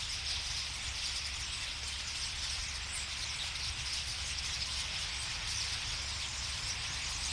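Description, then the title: Common starlings chattering in a large group, an even, continuous sheet of high squeaks and clicks above a steady low hum. Flock singing in a tree at Boldixumstieg, Nieblum, Germany; cars in background; recorded with Zoom H3-VR. "Boldixumstieg, 25938 Nieblum, Deutschland - Ein Vogelschwarm Stare. A flock of birds starlings"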